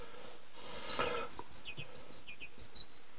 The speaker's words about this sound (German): Da piepen die Meisen und scheren sich nicht und Geld verdienen und so weiter. Bringen sich auch nicht gegenseitig um. Die leben einfach.